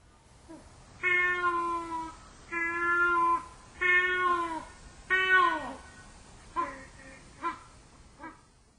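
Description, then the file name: Crested ibis giving a series of nasal, harmonic calls: four long cries, the last dropping at the end, followed by shorter, fainter notes. Sado, Japan, 2 February 2015. "toki 3 sado"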